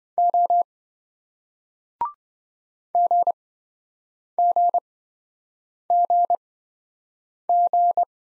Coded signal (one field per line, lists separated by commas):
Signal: Morse code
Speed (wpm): 27 wpm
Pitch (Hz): 700 Hz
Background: none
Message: O GGGG